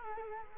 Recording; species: mosquito wingbeat signal from an infrared sensor; Culex quinquefasciatus